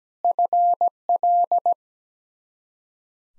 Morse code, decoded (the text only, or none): FL